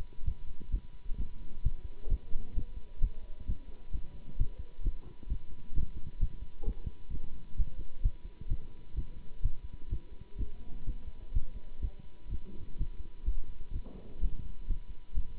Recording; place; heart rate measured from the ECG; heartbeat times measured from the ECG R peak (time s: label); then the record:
heart sounds by stethoscope; between the tricuspid and mitral areas; 129 bpm
0.25 s: heartbeat
0.71 s: heartbeat
1.17 s: heartbeat
1.63 s: heartbeat
2.09 s: heartbeat
2.55 s: heartbeat
3.01 s: heartbeat
3.46 s: heartbeat
3.92 s: heartbeat
4.37 s: heartbeat
4.83 s: heartbeat
5.28 s: heartbeat
5.74 s: heartbeat
6.19 s: heartbeat
6.65 s: heartbeat
7.10 s: heartbeat
7.56 s: heartbeat
8.02 s: heartbeat
8.48 s: heartbeat
8.95 s: heartbeat
9.42 s: heartbeat
9.89 s: heartbeat
10.37 s: heartbeat
10.85 s: heartbeat
11.33 s: heartbeat
11.81 s: heartbeat
12.29 s: heartbeat
12.77 s: heartbeat
13.25 s: heartbeat
13.72 s: heartbeat
14.20 s: heartbeat
14.67 s: heartbeat
15.14 s: heartbeat
From the record:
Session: Bruce protocol treadmill stress test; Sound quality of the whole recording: good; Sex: male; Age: 24 years